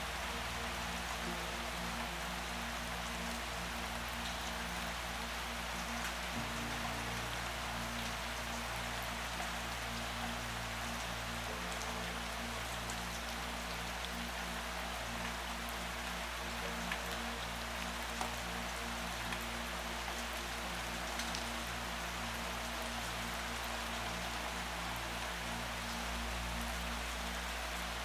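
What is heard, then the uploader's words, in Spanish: Heavy rain pours down in a dense, steady hiss with no pauses, even throughout. Underneath, soft sustained low tones hold long notes, shifting to new pitches around six seconds and deepening slightly near the end. El sonido de la lluvia intensa y las melodías suaves y reconfortantes.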